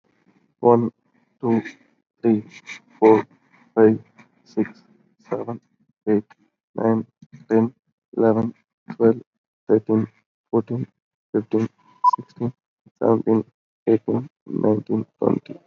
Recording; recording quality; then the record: counting at a normal pace; excellent, no background noise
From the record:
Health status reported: healthy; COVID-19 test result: negative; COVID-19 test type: RT-PCR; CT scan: taken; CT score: 5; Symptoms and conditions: cough, cold, sore throat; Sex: male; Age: 21 years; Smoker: yes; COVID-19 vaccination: both doses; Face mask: not worn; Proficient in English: yes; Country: India